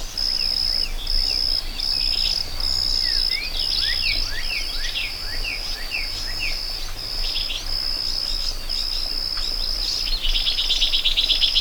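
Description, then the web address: Cricket chorus of high, even trills in repeated segments, with a scatter of short bird chirps throughout and a denser pulsing burst near the end. Meadow ambience with birds and crickets. "Dr Sound Effects. A Meadow With Birds and Crickets"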